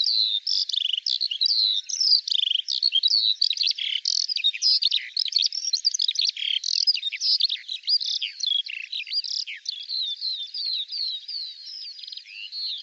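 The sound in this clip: Eurasian skylark pouring out an unbroken, fast-paced flow of shrill warbling notes, chirps and short buzzy trills throughout.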